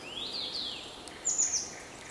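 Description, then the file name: Eurasian blue tit call: a thin rising-falling whistled phrase, then a quick, very high burst of notes, over steady background hiss. "Cyanistes caeruleus"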